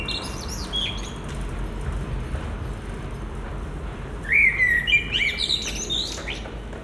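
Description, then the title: Common blackbird singing: a brief faint note early on, then after a pause a clear fluted phrase ending in a thin squeaky twitter, with low rumble beneath. Recorded at Résidence Sainte-Gertrude in the Marolles, Brussels, Belgium, with a Sony PCM-M10 and Luhd PM-01 binaural microphones. "Marolles, 1000 Bruxelles, Belgique - Résidence Sainte-Gertrude - Merle - Blackbird"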